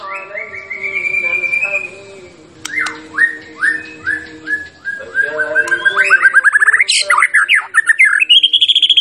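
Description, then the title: White-rumped shama song: a sustained whistle, a string of descending slurred notes, then an accelerating rattling trill and a rising final phrase. Champion bird; recording used for song training (masteran). "Masteran Murai Batu Juara"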